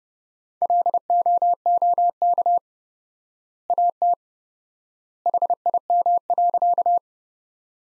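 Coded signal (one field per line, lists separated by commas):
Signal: Morse code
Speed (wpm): 32 wpm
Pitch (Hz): 700 Hz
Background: none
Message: LOOK AT HIM.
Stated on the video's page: Morse code sentences from the top 100 words at 30 wpm with 4x word spacing, a Farnsworth-like head-copy drill.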